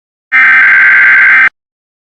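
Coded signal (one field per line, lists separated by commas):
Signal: Emergency Alert System (SAME) tones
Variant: header bursts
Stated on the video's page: Fictional EAS scenario made with InShot.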